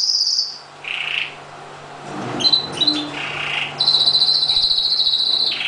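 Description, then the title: Oriental magpie-robin song in short bursts: a high note, scratchy squeaks and chatters, then a long fast buzzy trill. "Kicau Kacer Durasi Panjang 1jam Lebih"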